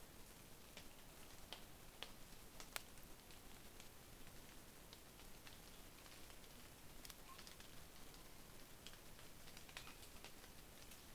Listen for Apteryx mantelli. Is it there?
no